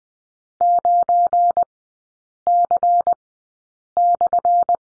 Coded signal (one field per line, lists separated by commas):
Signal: Morse code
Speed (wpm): 20 wpm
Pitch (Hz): 700 Hz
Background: none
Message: 9C/